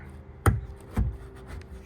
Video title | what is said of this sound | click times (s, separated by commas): B8 S4 Fender Liner & Aftermarket Belly Pan DIY | And that's it. That it's locked in place now. | 0.5 s